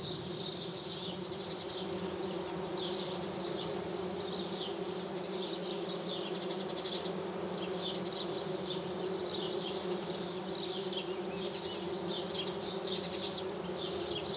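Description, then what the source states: Bees, flies and hoverflies (mixed): many insects buzzing en masse, a dense continuous hum with steady drone bands throughout. Thousands or millions of insects foraging on flowering lime trees on a village square, Lesches-en-Diois, 1 July 2018, 6:55 am, no wind, 18-20 °C, two MKH 8020 microphones, Nagra Seven recorder.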